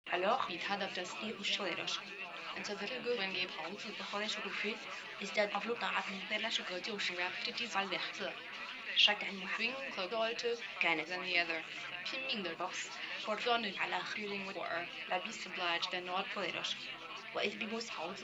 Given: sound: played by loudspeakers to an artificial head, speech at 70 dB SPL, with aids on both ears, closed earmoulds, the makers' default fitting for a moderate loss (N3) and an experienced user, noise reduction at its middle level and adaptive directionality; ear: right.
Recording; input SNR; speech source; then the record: speech test signal (ISTS) in cocktail-party noise; +6 dB; in front (0 degrees)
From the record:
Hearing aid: class 1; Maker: F